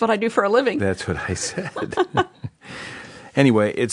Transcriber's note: laughter